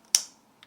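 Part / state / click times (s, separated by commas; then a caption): folding knife blade into its slip-joint handle, open position / seated / 0.2 s. The carbon steel blade of a 7 cm Cuchilleria Joker slip-joint folding pocket knife with an olive wood handle is swung from its half-open stop to fully open. Its spring snaps it into place with a sharp, satisfying click at 0.2 s, followed by a faint tick near 0.6 s. The blade is seated in the open position with no movement in the stiff slip joint, and it takes some force to close again.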